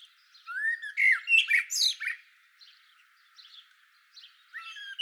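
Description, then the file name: Eurasian blackbird song: a low fluted whistle rising into a burst of squeaky, high twittering notes, then a few faint scratchy phrases and one more whistled note. "Turdus merula"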